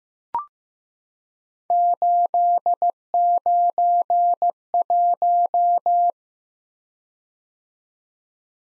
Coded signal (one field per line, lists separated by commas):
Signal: Morse code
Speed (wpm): 15 wpm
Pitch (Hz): 700 Hz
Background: none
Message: 891